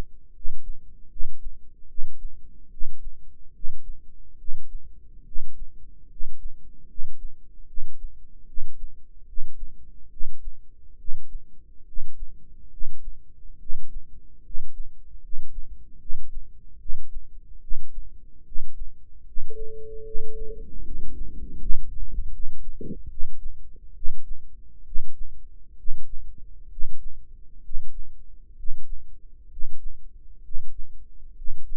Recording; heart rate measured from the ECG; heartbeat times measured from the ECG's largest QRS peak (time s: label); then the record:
heart sounds by microphone in the right ear; 72 bpm
0.32 s: heartbeat
1.08 s: heartbeat
1.87 s: heartbeat
2.69 s: heartbeat
3.52 s: heartbeat
4.37 s: heartbeat
5.24 s: heartbeat
6.08 s: heartbeat
6.86 s: heartbeat
7.66 s: heartbeat
8.45 s: heartbeat
9.25 s: heartbeat
10.09 s: heartbeat
10.97 s: heartbeat
11.84 s: heartbeat
12.69 s: heartbeat
13.58 s: heartbeat
14.42 s: heartbeat
15.20 s: heartbeat
15.98 s: heartbeat
16.78 s: heartbeat
17.59 s: heartbeat
18.43 s: heartbeat
19.24 s: heartbeat
20.03 s: heartbeat
20.82 s: heartbeat
21.57 s: heartbeat
22.30 s: heartbeat
23.08 s: heartbeat
23.93 s: heartbeat
24.83 s: heartbeat
25.75 s: heartbeat
26.68 s: heartbeat
27.60 s: heartbeat
28.54 s: heartbeat
29.47 s: heartbeat
30.40 s: heartbeat
31.33 s: heartbeat
From the record:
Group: healthy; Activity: rest 0-20 s, Valsalva maneuver 20-32 s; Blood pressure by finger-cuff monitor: 115/66 mmHg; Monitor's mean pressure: 79 mmHg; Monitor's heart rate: 72 bpm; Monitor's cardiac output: 7.3 L/min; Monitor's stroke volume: 101 mL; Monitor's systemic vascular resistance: 780 dyn s/cm5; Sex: male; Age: 35 years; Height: 180 cm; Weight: 86.9 kg